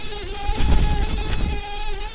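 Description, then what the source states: Brown-banded carder bee buzzing, a steady droning hum with a constant tone that swells slightly in the middle, over low rumbling background noise. Queens.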